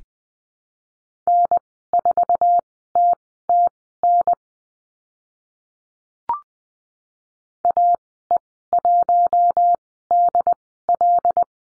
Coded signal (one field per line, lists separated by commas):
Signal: Morse code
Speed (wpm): 20 wpm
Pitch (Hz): 700 Hz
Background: none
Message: N4TTN AE1DL